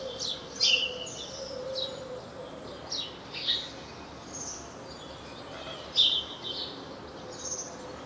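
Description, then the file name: House sparrow chirping in irregular bursts, several short bright notes and a few louder ones. "Passer domesticus"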